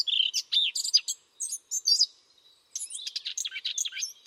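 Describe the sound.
Bird calls, a fast run of high, sharp chirps and buzzy notes in two bursts separated by a short pause.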